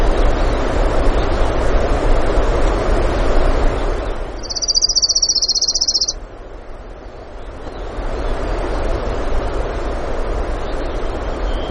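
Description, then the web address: Orange-crowned warbler gives one bright, rapid trill, level in pitch and nearly two seconds long, against a loud roaring background. Denali, Alaska; 16 June 2016, early morning, about 05:32. "alaska. 20160616 053228. Orange Crowned"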